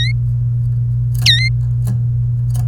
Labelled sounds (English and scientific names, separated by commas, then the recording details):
Domestic Canary (Serinus canaria) song
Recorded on 28 April 2018 at 16:09
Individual llb3